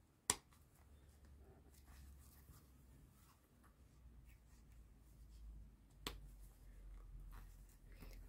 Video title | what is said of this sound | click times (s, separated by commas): Amigurumi Barbie bebek 40cm Part 3 Kafa yapımı (Subtitulos en Español) | sıkıca bastırıp tık diye ses gelince zaten | 0.3 s, 6.1 s